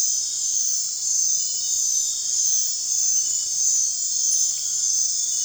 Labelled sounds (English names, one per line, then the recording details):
none
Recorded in dense forest near Puerto Asís, Putumayo, Colombia, on 22 June 2025 at 20:30
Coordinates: 0.468, -76.322
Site GP03